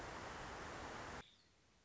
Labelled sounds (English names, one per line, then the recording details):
Nuttall's Woodpecker
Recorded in Sonoma County, California